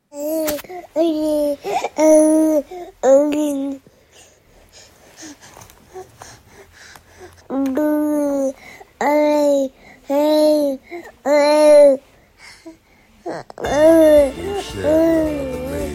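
A baby babbles in short, high-pitched, sing-song bursts, two runs of repeated syllables separated by a quiet pause, then a final longer, slightly rougher vocal stretch.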